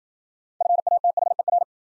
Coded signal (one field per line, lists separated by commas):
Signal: Morse code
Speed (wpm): 52 wpm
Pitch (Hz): 700 Hz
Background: none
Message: FATHER